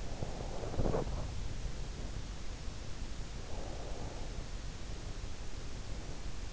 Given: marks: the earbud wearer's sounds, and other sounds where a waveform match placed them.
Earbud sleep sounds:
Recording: sounds in sleep by an in-ear microphone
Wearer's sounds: breath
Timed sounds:
0.00-2.27 s: breath
3.31-4.87 s: breath

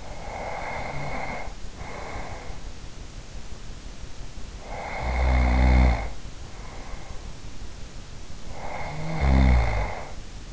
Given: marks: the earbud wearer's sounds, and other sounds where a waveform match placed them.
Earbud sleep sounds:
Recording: sounds in sleep by an in-ear microphone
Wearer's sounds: snoring breath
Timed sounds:
0.00-2.87 s: snoring breath
4.61-7.62 s: snoring breath
8.43-10.53 s: snoring breath

